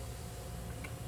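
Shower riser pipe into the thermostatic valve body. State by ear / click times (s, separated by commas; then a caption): seated / 0.8 s. A shower riser pipe is pushed into the port on a GROHE Euphoria SmartControl exposed shower system's thermostatic valve body. It snaps in place with a short, sharp click at 0.9 s over a steady low hum. The riser is seated.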